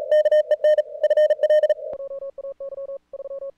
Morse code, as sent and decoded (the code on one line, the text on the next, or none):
-.- . -. / ..-. .-..
KEN FL